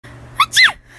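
A single sneeze from an adult: a brief sharp catch of breath followed by an explosive burst.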